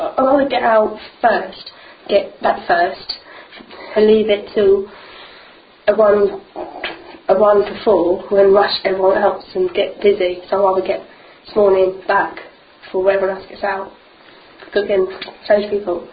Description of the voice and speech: Combined stutter and clutter.